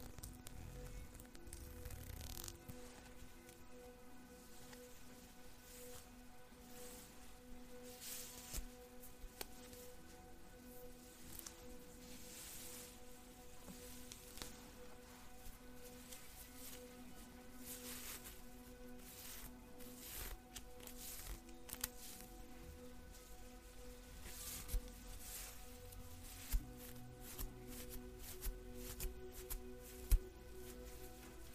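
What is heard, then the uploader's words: Hair brushing comes through as soft, repeated swishing strokes at an uneven pace throughout, with wet, squishy soapy sounds mixed in. A steady, low sustained music tone holds underneath the whole time. A few sharp clicks pop out near the end. At-Home Hair Spa | Hair Brushing, Ambient Music. Hair brushing, soapy goodness, and some soothing background music.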